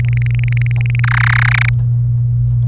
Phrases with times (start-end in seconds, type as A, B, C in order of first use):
0.00-1.00 A, 1.04-1.69 B